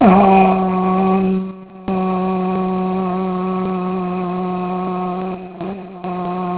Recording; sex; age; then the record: sustained vowel /a/ by telephone; male; 80 to 89 years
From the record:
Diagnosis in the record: Parkinson's disease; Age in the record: 80 years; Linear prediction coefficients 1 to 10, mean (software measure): 1.65, -0.78, 0.06, -0.21, 0.05, 0.42, -0.24, -0.25, 0.27, -0.09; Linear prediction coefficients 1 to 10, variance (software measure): 0.032, 0.091, 0.065, 0.054, 0.030, 0.030, 0.031, 0.017, 0.026, 0.006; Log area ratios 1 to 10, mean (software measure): -3.22, 1.71, -0.34, -0.05, -0.36, 0.16, 0.64, -0.04, -0.23, 0.19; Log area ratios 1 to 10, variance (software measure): 0.112, 0.106, 0.143, 0.118, 0.118, 0.080, 0.050, 0.048, 0.029, 0.026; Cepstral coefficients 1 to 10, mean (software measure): 1.65, 0.60, 0.27, -0.07, -0.24, 0.13, 0.17, -0.06, 0.05, 0.00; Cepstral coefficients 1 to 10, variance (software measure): 0.032, 0.011, 0.014, 0.013, 0.011, 0.010, 0.009, 0.005, 0.003, 0.005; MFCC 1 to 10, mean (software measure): -5.56, 1.88, 0.14, -0.19, 0.19, 0.95, -0.61, 0.28, 0.22, -0.43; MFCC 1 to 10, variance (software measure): 1.952, 0.019, 0.074, 0.086, 0.099, 0.088, 0.105, 0.081, 0.067, 0.068